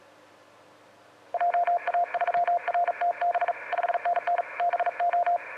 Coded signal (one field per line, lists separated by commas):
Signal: Morse code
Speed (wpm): 38 wpm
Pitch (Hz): 700 Hz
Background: radio noise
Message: JA3RTB 5NN BO